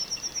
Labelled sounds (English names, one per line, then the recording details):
Yellowhammer song
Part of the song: start
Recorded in the Czech Republic on 2 June 2013
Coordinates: 49.170, 17.847
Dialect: BC
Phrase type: A26
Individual 304663